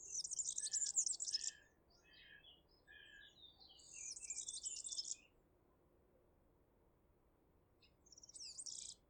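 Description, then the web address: European serin song: fast, buzzy, glittering high trills in three bursts, the last cut short, with short chirps trailing after the first phrase. "ecoute de mon quartier serin cini"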